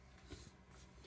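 A removable part of a capsule espresso machine, likely the used-capsule container or drip tray, is handled as it is pushed back toward the machine body. Only quiet handling rustle is heard, with a soft low bump around 0.3 s. Nothing has seated or clicked yet.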